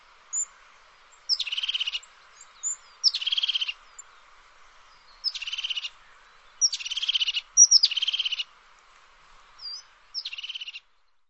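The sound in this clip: Bird calls: repeated short rattling trills led by a high thin slurred note, several phrases with quiet gaps, and a few brief isolated chips.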